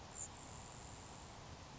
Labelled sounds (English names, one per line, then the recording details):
Grasshopper Sparrow
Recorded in Sonoma County, California